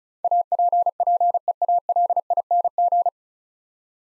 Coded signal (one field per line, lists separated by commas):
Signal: Morse code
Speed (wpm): 36 wpm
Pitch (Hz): 700 Hz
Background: none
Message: APPEALING